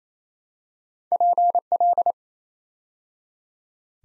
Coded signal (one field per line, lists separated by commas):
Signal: Morse code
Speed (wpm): 27 wpm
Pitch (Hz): 700 Hz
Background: none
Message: PL